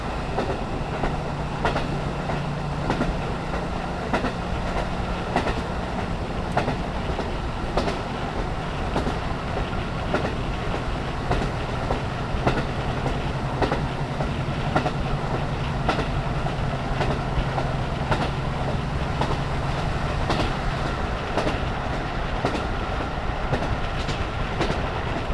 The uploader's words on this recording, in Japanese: 花咲線 キハ54-518 門静→厚岸。It was a little warm on the day, so I opened the window and recorded.I can hear the joint sound well.